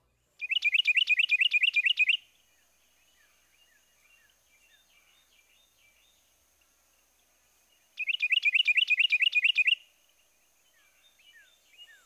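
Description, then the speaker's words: Carolina Wren song, a rapid loud run of repeated phrases lasting about two seconds, given twice, with faint other bird notes between. Two- and three-noted songs; the song is known for extreme variability. "Next, the 2 and 3-noted songs of the Carolina wren."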